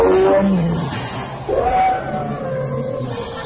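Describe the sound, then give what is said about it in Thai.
An enraged bull elephant in musth, named Mahilamukha, trumpets with harsh, wavering blasts that rise and bend in pitch, layered over a dense, rumbling roar that stays loud for a few seconds. “ข้าพระพุทธเจ้าจะแก้ไขช้างพลายมหิลามุกให้กลับมาดีได้เหมือนเดิมพระเจ้าค่ะ”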